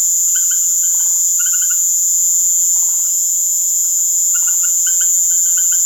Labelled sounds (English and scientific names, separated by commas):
none